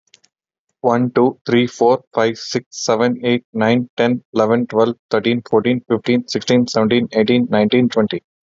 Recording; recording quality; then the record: counting at a fast pace; excellent, no background noise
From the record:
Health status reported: respiratory illness, not identified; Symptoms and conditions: asthma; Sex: male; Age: 30 years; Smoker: yes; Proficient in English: yes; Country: India